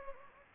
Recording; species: mosquito wingbeat signal from an infrared sensor; Anopheles gambiae